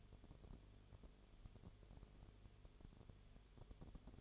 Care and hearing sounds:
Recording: daily activity, microphone in the room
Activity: no activity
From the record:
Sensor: 4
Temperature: 22.0 degrees Celsius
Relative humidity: 29.4%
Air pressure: 1002.1 hPa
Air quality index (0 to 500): 59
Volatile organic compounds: 1 ppm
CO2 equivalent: 609 ppm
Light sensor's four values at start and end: 2/3/1/1 and 2/3/1/1

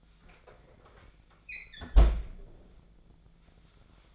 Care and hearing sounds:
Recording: daily activity, microphone in the room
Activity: close fridge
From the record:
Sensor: 5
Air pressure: 1009.8 hPa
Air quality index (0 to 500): 161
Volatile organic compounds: 4 ppm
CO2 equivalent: 1568 ppm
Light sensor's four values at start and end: 126/320/134/143 and 124/318/133/141

